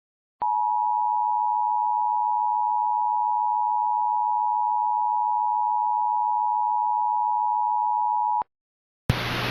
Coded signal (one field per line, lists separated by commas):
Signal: Emergency Alert System (SAME) tones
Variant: 853 and 960 Hz attention tone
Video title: EAS Mock: Shortest shelter in place message ever!